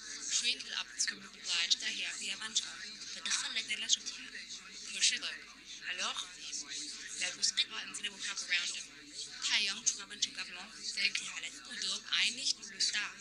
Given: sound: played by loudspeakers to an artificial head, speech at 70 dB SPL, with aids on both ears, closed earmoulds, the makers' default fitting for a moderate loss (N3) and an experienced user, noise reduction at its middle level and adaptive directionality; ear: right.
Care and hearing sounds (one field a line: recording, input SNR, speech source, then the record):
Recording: speech test signal (ISTS) in cocktail-party noise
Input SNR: -3 dB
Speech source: on the right (90 degrees)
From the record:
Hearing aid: class 1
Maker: J